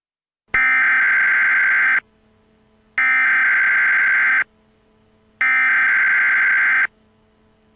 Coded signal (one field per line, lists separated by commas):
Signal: Emergency Alert System (SAME) tones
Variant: header bursts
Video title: 100 Subs Roit An EAS Mini Scenario